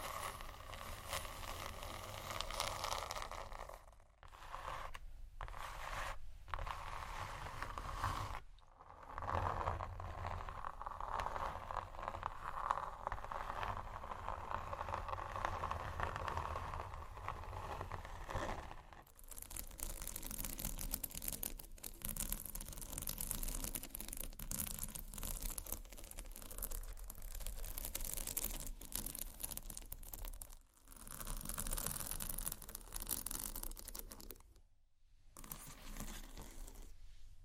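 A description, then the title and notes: Soft scratching goes on in long, dense stretches, a grainy rustle that stays fairly even and steady. Brief silent gaps break it up near 4, 5, 6, 9, 19, 31 and 35 seconds. After about 19 seconds the scratching turns brighter and crisper. Slow, Deep & Soft Scratching (No Talking).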